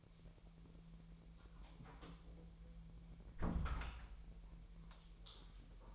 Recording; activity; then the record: daily activity, microphone in the room; close door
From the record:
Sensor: 1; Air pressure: 1001.5 hPa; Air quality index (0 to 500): 249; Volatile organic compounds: 128 ppm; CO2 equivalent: 3916 ppm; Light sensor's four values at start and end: 10/25/10/10 and 10/25/10/11